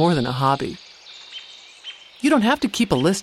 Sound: Alert call of the American Robin

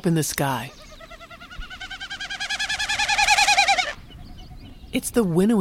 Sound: Winnowing of a Wilson’s Snipe

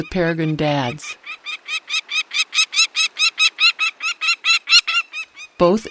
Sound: Calling of a Peregrine

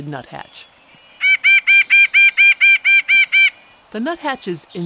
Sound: White-breasted Nuthatch calling

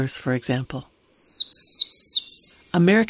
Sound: Song of Black-throated Blue Warbler

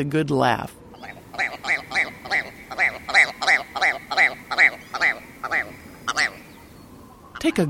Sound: Willow Ptarmigan male call

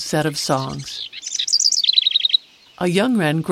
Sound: Song of adult Bewick’s Wren

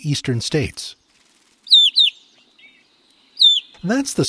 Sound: Song of the Evening Grosbeak

